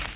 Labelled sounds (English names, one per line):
Cape May Warbler flight call